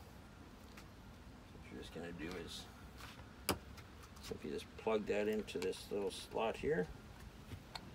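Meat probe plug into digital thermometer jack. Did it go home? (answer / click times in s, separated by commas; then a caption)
yes / 7.8 s. A metal temperature probe's plug is pushed into the small jack on a plastic digital BBQ thermometer under $20 while someone talks. Amid a few small ticks, a sharp snap at 7.8 s marks the plug seating and locking in place.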